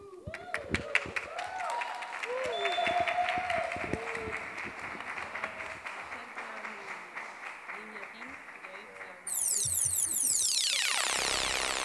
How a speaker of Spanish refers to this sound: Estamos transmitiendo en vivo para Radio Caso desde la Casa Nacional del Bicentenario para Argentina, América Latina y resto del mundo. Un fuerte aplauso